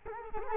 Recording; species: mosquito wingbeat signal from an infrared sensor; Culex quinquefasciatus